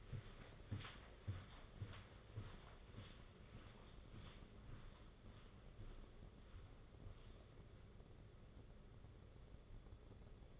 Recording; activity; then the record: daily activity, microphone in the room; walk to room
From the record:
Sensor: 4